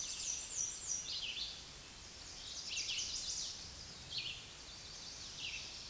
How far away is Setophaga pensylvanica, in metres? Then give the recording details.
about 40 m. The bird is about 5 m above the microphone. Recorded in a Pennsylvania forest on 16 May 2024 at 09:03. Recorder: AudioMoth, point MSD-2083. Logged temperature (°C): 16.7 °C. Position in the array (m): 110 m, -2 m